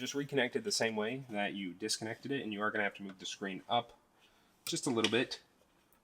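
Someone talks while the main screen wire connector is reconnected to the center screen of a Tesla Model 3 or Y during a rotating screen mount install, with the screen lifted slightly. The talk pauses into a quiet stretch from about 4.0 to 4.7 seconds, then resumes briefly. Nothing has seated or clicked yet.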